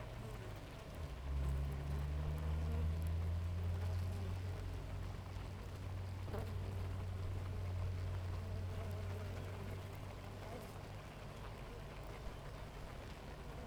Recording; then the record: honeybee colony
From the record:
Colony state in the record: active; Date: 28 July 2017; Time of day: 6:54